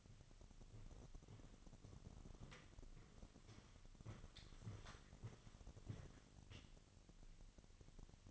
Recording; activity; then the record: daily activity, microphone in the room; walk to room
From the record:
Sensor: 4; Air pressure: 1000.3 hPa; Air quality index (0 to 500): 212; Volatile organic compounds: 21 ppm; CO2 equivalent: 2737 ppm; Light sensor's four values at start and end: 9/21/8/8 and 9/19/8/7